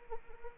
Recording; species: mosquito wingbeat signal from an infrared sensor; Anopheles arabiensis